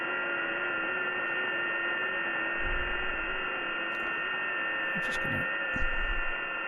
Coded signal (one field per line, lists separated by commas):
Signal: FT8